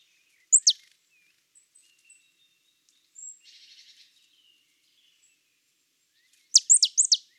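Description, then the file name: Marsh tit calling with sharp, high, downward-slurred notes: a pair at the start, a brief buzzy rattle in the middle and a run of several notes at the end. "Poecile palustris"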